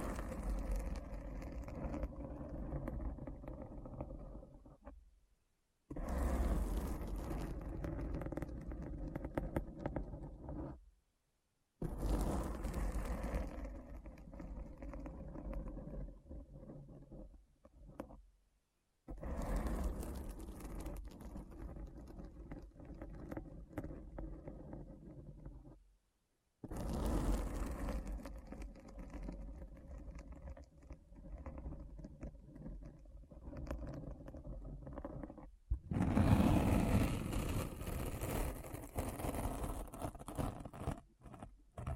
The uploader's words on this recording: ASMR Deep Brain Scratch (No Talking).